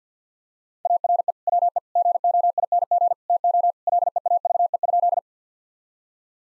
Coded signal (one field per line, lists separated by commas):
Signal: Morse code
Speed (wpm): 50 wpm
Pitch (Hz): 700 Hz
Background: none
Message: ARE WE GOING TO LEAVE?